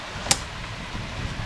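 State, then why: Seated. The second plastic quick connector on an engine hose line is pushed onto its fitting during valve lifter and head gasket replacement on a Buick Rainier / Chevy Tahoe / GMC Yukon / Cadillac / Pontiac engine. A single sharp click is heard at 0.3 s against low background noise. The connector is confirmed snapped into place and seated.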